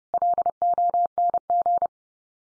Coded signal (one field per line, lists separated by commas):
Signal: Morse code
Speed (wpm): 30 wpm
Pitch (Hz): 700 Hz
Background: none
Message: LONG